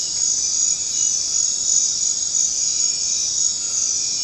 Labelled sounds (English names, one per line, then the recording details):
none
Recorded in dense forest near Puerto Asís, Putumayo, Colombia, on 24 March 2025 at 21:00
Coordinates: 0.500, -76.322
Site GP06